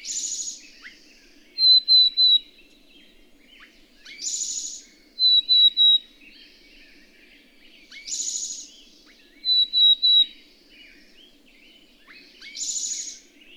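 Bird song: a high, buzzy burst roughly every four seconds, the first three each followed by a quick run of three clear, high whistled notes, with a soft low hum beneath.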